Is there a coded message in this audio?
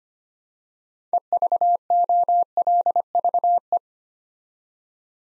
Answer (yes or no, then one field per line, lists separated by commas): yes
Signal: Morse code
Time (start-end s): 1.1-3.8 s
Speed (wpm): 25 wpm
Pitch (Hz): 700 Hz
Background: none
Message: EVOLVE